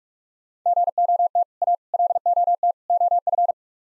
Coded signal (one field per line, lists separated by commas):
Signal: Morse code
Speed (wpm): 44 wpm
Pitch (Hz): 700 Hz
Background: none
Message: GOT A LOT OF